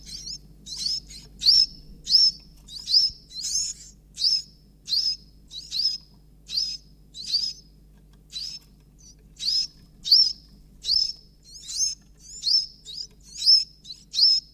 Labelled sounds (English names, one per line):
Iberian Chiffchaff call